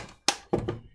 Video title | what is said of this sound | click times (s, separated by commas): No Tearout with my Circular Saw by OTB Thinker | it just snaps right in and now it's on there in will not come off and | 0.3 s